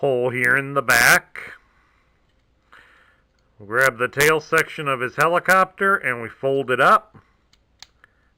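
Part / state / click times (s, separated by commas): tail section of a transforming toy folding into its locked position on the body / seated / 7.8 s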